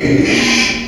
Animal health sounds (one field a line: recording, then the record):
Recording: squeal of a Yucatan mini pig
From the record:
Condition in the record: after surgery on the right vocal fold (resection and tissue-engineered implant)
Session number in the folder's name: 2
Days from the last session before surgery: 13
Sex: male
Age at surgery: 12 weeks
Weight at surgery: 13 kg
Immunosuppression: cyclosporine, prednisolone